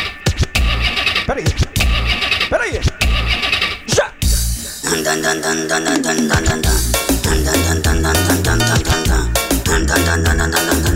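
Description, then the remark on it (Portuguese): A Passat car engine roars and revs in several rising bursts for about four seconds, then a loud, steady musical track with a pulsing beat takes over. “É o ronco do motor.”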